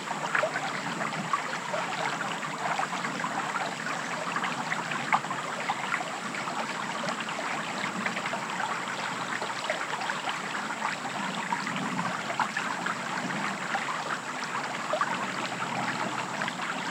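A bubbling stream runs steadily through the woods, a dense, even wash of water with a bright, fizzy edge and constant small splashes. The level holds nearly the same throughout, with brief louder gurgles around the middle and a faint low rumble beneath.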